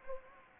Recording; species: mosquito wingbeat signal from an infrared sensor; Anopheles gambiae